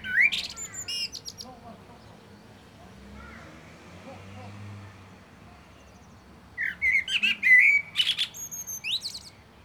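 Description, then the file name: Common blackbird: a short scratchy burst opens, then after a pause a longer phrase of melodious fluting notes runs into high squeaks and twitters. "Turdus merula"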